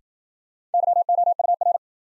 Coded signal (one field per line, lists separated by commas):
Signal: Morse code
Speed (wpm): 53 wpm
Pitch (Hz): 700 Hz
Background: none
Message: YOUR